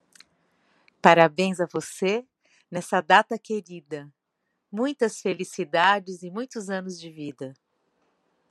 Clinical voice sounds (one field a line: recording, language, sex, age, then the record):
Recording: short text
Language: Brazilian Portuguese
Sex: female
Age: 50 to 59 years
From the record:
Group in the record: control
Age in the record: 59 years